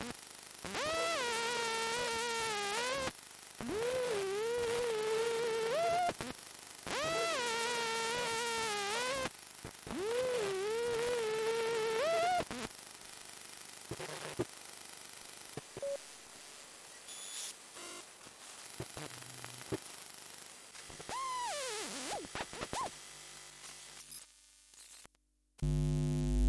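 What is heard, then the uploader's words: Electromagnetic hum from a washing machine programmer, picked up by induction coil: four bright warbling tone bursts, then sparser buzzes, clicks and a final crackle. Electromagnetic fields : collection of ten recordings made using induction coils. Recorded at home using a pair of phone pickup coils (modified by Jez riley French) connected to the microphone input of Sony PCM D50 recorder. Washing machine programmer.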